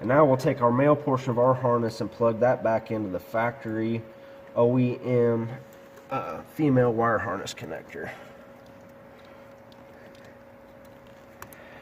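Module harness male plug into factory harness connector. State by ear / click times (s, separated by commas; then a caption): seated / 11.4 s, 11.5 s. Someone talks while the male plug of an add-on module harness is pushed into the factory OEM female wire harness connector on the engine of a 2016-2022 GM Colorado/Canyon Duramax. A sharp snap and click are heard at 11.4 s and 11.5 s as the connector locks in, seated, with the tab then to be locked back so it won't release.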